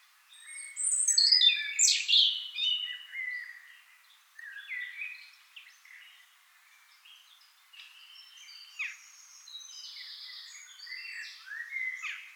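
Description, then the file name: European robin song, a loud high warbling phrase of thin whistles and trills that fades into quieter, scratchier twittering over about twelve seconds. "Erithacus rubecula"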